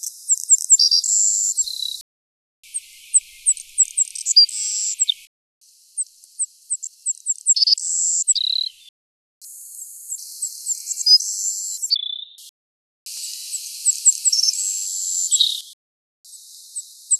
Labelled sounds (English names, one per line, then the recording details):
Savannah Sparrow song
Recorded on Kent Island, New Brunswick, in 2007